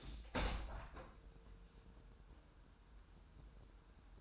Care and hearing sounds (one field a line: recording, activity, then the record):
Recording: daily activity, microphone in the room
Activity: open window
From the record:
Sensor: 2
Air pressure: 1000.1 hPa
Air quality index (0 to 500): 235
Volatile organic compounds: 70 ppm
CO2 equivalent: 3522 ppm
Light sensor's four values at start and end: 8/20/8/8 and 9/21/9/9